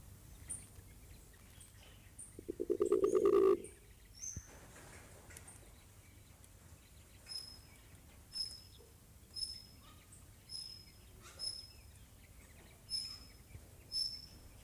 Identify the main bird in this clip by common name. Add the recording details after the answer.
Mindanao Bleeding-heart. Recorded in captivity. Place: Tiergarten Wilhelma/Stuttgart, Baden-Württemberg, DE. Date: 2005-03-14 11:11. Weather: fair, 4-8°C. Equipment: Sony WM-D6C, Sony ECM-MS 907, Kopie Uher 4000 Report Monitor. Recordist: Tembrock, Günter